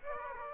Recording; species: mosquito wingbeat signal from an infrared sensor; Aedes aegypti